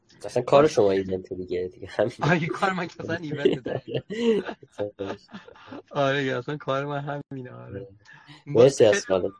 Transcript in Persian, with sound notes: اصلا کار شما ایونت دیگه. (خنده)
آیا کار من کفند اینور بوده؟ (خنده)
خوب.
آره اصلا کار من همینه.
مثل اصحاب.